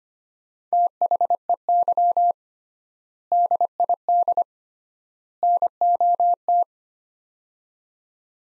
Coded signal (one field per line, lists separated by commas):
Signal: Morse code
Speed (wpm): 25 wpm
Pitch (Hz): 700 Hz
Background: none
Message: THEY DID NOT